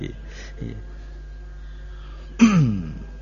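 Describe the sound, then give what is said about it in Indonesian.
A couple of faint, short throat sounds, then one louder rasping cough-like throat clear whose voiced tone slides downward before fading, with quiet background hum throughout. “jadinya pina batuk-batuk tadi ya lo, jadi bagusnya minum ini ya gitu.”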